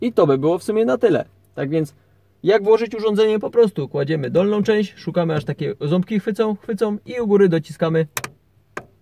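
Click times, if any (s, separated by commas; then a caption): 8.8 s. A Navitel MS600 car navigation unit is set with its bottom edge on the teeth of its windshield holder cradle and pressed in at the top while someone talks. A sharp click at 8.8 s marks the unit snapping into the holder, seated.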